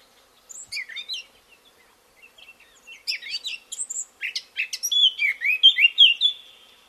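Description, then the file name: Eurasian blackcap singing: soft twittering notes, a short pause, then quick scratchy chatter building into rich, clear whistled warbling at the end. "Sylvia atricapilla"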